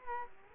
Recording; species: mosquito wingbeat signal from an infrared sensor; Aedes aegypti